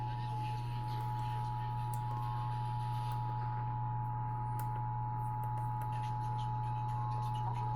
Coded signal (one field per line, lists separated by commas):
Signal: Emergency Alert System (SAME) tones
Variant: 853 and 960 Hz attention tone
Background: speech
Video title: Eas Hgx svr on KUHF 88.7fm Kacc 89.7fm And Kube 57.1 Eas#1588-1590